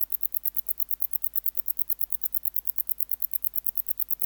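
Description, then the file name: Wart-biter song: bright, crisp ticks repeated rapidly at a steady, unbroken pace throughout. "Decticus verrucivorus"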